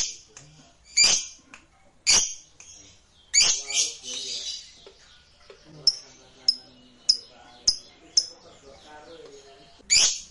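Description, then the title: Lovebird calls: scattered sharp, shrill chirps and raspy bursts, with irregular pauses and softer twittering between them. "Suara Lovebird Ini"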